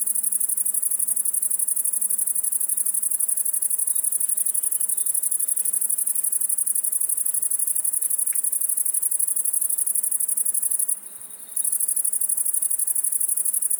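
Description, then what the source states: Great Green Bush-cricket song, a fast jerky stream of high rasping pulses running steadily, with a brief break near eleven seconds. Close individual about 1 m from the microphones in Virginia creeper on a south-facing house wall; very fast jerky rhythm after warming in the sun all afternoon; 20.4 °C; Fourcinet, Drôme, 700 m, 9 July 2018, late afternoon.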